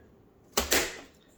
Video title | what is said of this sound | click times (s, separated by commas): How to reboot restart Neato D7 BOTVAC remove battery, take off bottom panel, replace, install | and then you literally just push it down and it clicks in place you'll hear it | 0.6 s